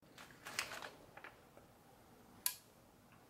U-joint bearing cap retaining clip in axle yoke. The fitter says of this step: right and you will know when the caps are fully seated when the provided clips snap into place just like that